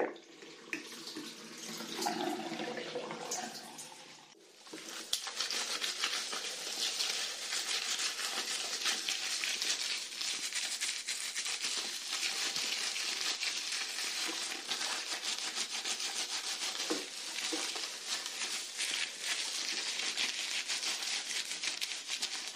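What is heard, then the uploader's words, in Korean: Hair being shampooed and rinsed. For the first four seconds there is softer, lower lathering and rubbing with some faint voice-like sound. Then at about five seconds a steady, bright hiss of running water starts and continues densely to the end. 샴푸소리. 머리감기,머리헹구기.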